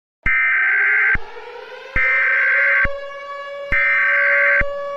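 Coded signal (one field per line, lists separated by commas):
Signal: Emergency Alert System (SAME) tones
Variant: header bursts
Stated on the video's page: Fictional EAS scenario.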